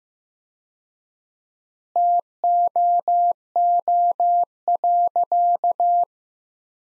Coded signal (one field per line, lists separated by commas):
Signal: Morse code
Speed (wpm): 15 wpm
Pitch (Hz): 700 Hz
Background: none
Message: TOO.